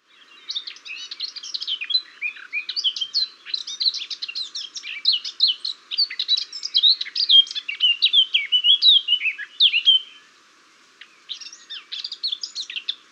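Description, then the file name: Eurasian blackcap singing a long, hurried warble of chattering and whistled notes, with a short break near the end before it starts again. "Sylvia atricapilla"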